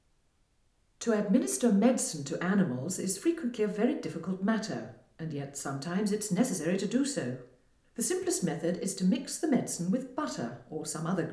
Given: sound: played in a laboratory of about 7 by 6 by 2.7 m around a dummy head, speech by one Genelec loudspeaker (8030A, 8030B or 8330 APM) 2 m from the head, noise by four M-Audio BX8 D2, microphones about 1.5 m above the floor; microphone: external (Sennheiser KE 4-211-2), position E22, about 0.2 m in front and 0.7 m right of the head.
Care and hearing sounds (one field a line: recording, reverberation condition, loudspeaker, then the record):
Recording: female speech in English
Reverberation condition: medium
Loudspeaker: 60 degrees to the right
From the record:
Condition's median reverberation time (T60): about 510 ms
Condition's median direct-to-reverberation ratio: about -0.5 dB